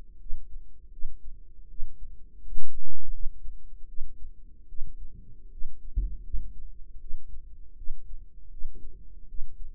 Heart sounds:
heart sounds by microphone in the right ear; 79 bpm
0.19 s: heartbeat
0.91 s: heartbeat
1.69 s: heartbeat
2.41 s: heartbeat
3.11 s: heartbeat
3.87 s: heartbeat
4.67 s: heartbeat
5.50 s: heartbeat
6.23 s: heartbeat
6.99 s: heartbeat
7.76 s: heartbeat
8.50 s: heartbeat
9.27 s: heartbeat
From the record:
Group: healthy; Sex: female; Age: 22 years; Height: 157 cm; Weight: 47.6 kg

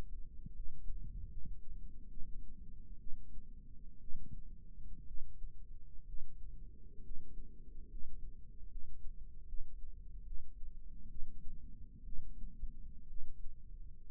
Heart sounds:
heart sounds by microphone in the left ear; 67 bpm
0.53 s: heartbeat
1.29 s: heartbeat
2.09 s: heartbeat
2.99 s: heartbeat
3.99 s: heartbeat
5.06 s: heartbeat
6.05 s: heartbeat
7.02 s: heartbeat
7.88 s: heartbeat
8.69 s: heartbeat
9.46 s: heartbeat
10.25 s: heartbeat
11.08 s: heartbeat
12.04 s: heartbeat
13.07 s: heartbeat
14.06 s: heartbeat
From the record:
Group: healthy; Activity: rest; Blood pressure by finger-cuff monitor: 142/65 mmHg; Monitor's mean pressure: 89 mmHg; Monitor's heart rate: 69 bpm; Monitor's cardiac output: 6.7 L/min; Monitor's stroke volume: 95 mL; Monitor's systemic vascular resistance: 970 dyn s/cm5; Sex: female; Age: 37 years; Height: 168 cm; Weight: 70 kg

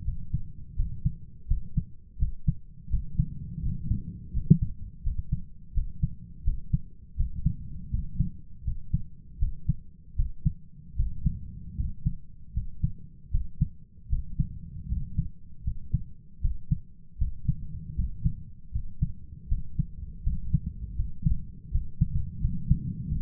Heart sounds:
heart sounds by stethoscope; 81 bpm
0.03 s: heartbeat
0.75 s: heartbeat
1.46 s: heartbeat
2.17 s: heartbeat
2.89 s: heartbeat
3.61 s: heartbeat
4.32 s: heartbeat
5.02 s: heartbeat
5.72 s: heartbeat
6.43 s: heartbeat
7.15 s: heartbeat
7.89 s: heartbeat
8.63 s: heartbeat
9.38 s: heartbeat
10.15 s: heartbeat
10.95 s: heartbeat
11.75 s: heartbeat
12.52 s: heartbeat
13.30 s: heartbeat
14.08 s: heartbeat
14.87 s: heartbeat
15.63 s: heartbeat
16.40 s: heartbeat
17.17 s: heartbeat
17.94 s: heartbeat
18.71 s: heartbeat
19.47 s: heartbeat
20.22 s: heartbeat
20.95 s: heartbeat
21.70 s: heartbeat
22.40 s: heartbeat
23.07 s: heartbeat
From the record:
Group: healthy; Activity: rest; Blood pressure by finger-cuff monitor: 88/61 mmHg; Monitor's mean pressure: 68 mmHg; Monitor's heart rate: 81 bpm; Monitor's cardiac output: 6.9 L/min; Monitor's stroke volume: 85 mL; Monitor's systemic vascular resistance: 710 dyn s/cm5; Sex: male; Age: 23 years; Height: 178 cm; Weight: 96.6 kg

